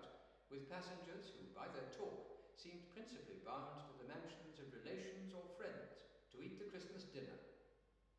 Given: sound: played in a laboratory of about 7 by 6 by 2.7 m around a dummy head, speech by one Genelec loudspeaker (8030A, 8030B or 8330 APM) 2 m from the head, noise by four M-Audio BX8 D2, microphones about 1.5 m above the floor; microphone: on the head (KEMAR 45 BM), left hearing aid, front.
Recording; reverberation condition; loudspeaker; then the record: male speech in English; high; 120 degrees to the left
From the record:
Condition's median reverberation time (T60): about 1300 ms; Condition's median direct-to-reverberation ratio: about -4.0 dB